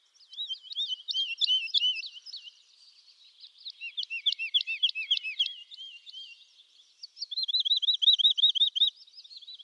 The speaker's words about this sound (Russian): Я не понял, кто это поет, но я понял, что я не слышал этот голос раньше, а так как я хорошо знаю голоса местных птиц, то я сразу решил, наверное, у меня будет лайфер.